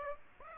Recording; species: mosquito wingbeat signal from an infrared sensor; Aedes aegypti